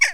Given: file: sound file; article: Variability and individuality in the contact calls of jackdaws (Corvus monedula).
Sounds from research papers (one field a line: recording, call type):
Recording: jackdaw call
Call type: harmonic